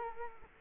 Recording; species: mosquito wingbeat signal from an infrared sensor; Culex quinquefasciatus